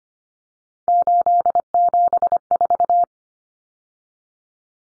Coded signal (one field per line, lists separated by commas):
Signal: Morse code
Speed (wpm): 25 wpm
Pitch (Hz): 700 Hz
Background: none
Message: 874